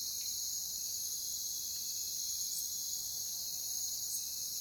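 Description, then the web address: Steady shrill cricket chorus, high and continuous, with a couple of brief sharper clicks rising above the drone. Multiple crickets in a jungle setting. "Echoes of Nature - Jungle Talk Crickets"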